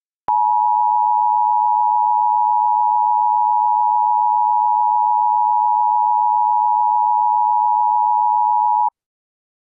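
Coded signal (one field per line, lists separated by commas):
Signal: Emergency Alert System (SAME) tones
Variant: 853 and 960 Hz attention tone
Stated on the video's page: Fictional EAS scenario combining a tornado warning and a nuclear missile emergency.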